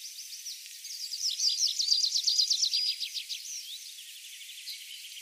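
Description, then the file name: Tree pipit singing a rapid, even trill of high repeated notes that swells in the middle and then gives way to softer phrases. Recorded on 23 April 2013. "23 04 2013 Baumpieper"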